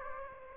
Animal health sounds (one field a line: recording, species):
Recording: mosquito wingbeat signal from an infrared sensor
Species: Aedes aegypti